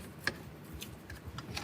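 A green FAKRA coaxial antenna plug from a Chrysler 300 car harness is handled near the mustard-colored FAKRA socket on the back of a refurbished touchscreen radio head unit. Several light ticks and clicks are heard, the loudest at about 0.3 s. Nothing has seated or clicked into place yet.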